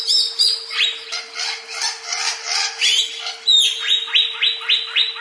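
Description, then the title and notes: Greater green leafbird singing a busy, varied warble that ends in a fast series of repeated downslurred notes, with a constant low hum behind. "CCKIJDaunKecil. Cucak Ijo"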